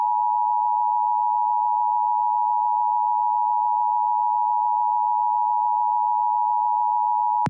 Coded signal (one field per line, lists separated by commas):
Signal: Emergency Alert System (SAME) tones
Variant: 853 and 960 Hz attention tone